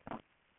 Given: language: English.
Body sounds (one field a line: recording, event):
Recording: throat vibration sensor signal played as sound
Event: swallow